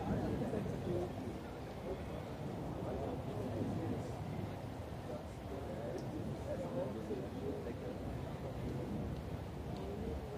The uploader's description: the vibrant mix of people passing by, fragments of conversations, distant Blaskapelle, and the distant sounds of football and badminton matches